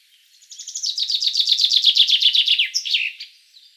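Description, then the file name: Common chaffinch song: a rapid, bright trill of many notes descending in pitch, closing with a brief sharp flourish at the end. "Fringilla coelebs"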